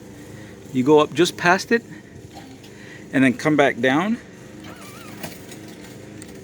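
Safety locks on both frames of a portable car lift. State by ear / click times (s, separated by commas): seated / 5.2 s, 6.2 s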